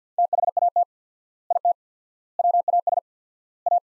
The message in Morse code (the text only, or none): THAT IT WAS A